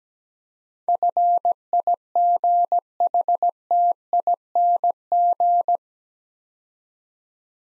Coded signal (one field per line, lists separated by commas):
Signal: Morse code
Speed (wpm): 17 wpm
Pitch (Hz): 700 Hz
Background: none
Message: FIGHTING